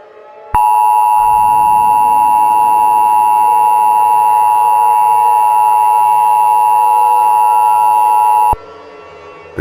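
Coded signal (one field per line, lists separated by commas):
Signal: Emergency Alert System (SAME) tones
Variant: 853 and 960 Hz attention tone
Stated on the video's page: Part of a fictional EAS scenario.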